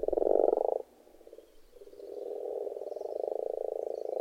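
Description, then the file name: Frogs croaking in a dense chorus of rapid, rattling pulses, a loud burst at the start, a brief lull, then a steady low croaking swell to the end. Frogs in a pond. "benboncan frogs-in-a-pond"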